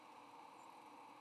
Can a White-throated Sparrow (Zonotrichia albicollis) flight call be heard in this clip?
no